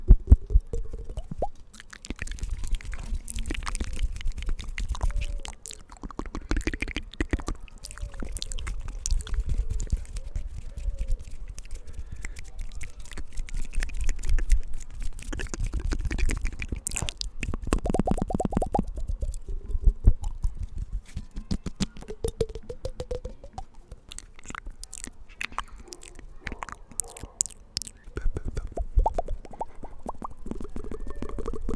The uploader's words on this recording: ASMR Inaudible Mouth Sounds & Hand Sounds In Nature.